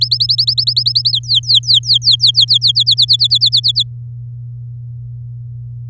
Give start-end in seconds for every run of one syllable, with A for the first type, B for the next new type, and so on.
0.01-1.12 A, 1.13-2.58 B, 2.61-3.83 C